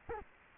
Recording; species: mosquito wingbeat signal from an infrared sensor; Culex quinquefasciatus